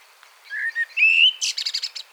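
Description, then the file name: Common blackbird singing one short phrase: low fluty whistles rising to a clear note, then ending in a fast, high squeaky twitter. "Turdus merula"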